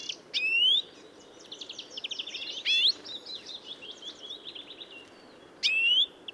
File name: Chloris chloris